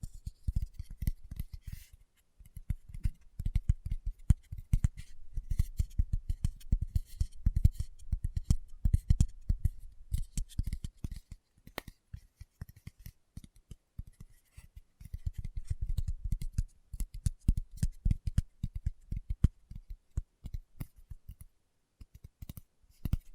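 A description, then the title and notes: Fingertips tap in rapid, dense bursts of dull, low knocks with faint clicky tops, pausing briefly near 2, 11, and 21 seconds. ASMR Tapping with Fingertips (No Talking).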